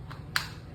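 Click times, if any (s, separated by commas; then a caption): 0.4 s. An airgun magazine is pushed into the receiver of an FX Impact M4 Sniper edition air rifle. A faint tap at 0.1 s is followed by a sharp, bright click at 0.4 s as the magazine latches in. The magazine is seated and won't come loose.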